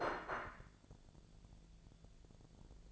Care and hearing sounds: daily activity, microphone in the room; place plate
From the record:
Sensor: 5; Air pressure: 1000.3 hPa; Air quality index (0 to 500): 126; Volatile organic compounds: 2 ppm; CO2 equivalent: 1003 ppm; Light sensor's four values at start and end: 106/251/107/116 and 106/250/107/116

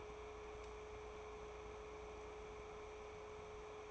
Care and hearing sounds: daily activity, microphone in the room; take from stove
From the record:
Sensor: 1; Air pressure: 1010.3 hPa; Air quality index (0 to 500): 170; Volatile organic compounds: 12 ppm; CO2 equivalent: 2342 ppm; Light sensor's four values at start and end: 54/140/58/73 and 60/156/64/82

